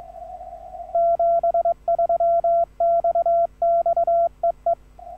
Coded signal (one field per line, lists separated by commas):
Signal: Morse code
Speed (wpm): 22 wpm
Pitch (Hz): 1360 Hz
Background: radio noise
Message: 73 XX E E